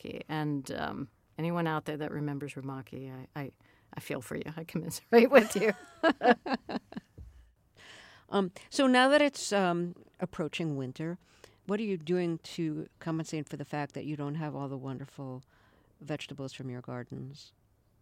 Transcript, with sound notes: And anyone out there that remembers Rumaki, I feel for you. I commiserate with you.
(LAUGHTER)
So now that it's approaching winter, what are you doing to compensate for the fact that you don't have all the wonderful vegetables from your gardens?